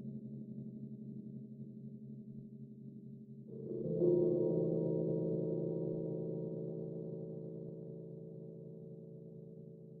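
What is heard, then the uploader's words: Gongs drone with a low, layered hum that holds steady for the first few seconds. Around the fourth second a new stroke blooms in, brighter and fuller, with a thin ringing overtone, then slowly fades over the remaining time. Meditation Five Celestial Gongs.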